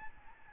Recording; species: mosquito wingbeat signal from an infrared sensor; Aedes albopictus